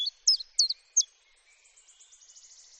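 Common chiffchaff giving four sharp, high song notes, then a soft high trill behind.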